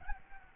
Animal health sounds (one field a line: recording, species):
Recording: mosquito wingbeat signal from an infrared sensor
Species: Aedes albopictus